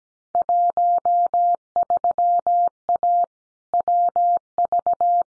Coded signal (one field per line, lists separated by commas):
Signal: Morse code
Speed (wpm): 17 wpm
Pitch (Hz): 700 Hz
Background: none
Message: 13A WV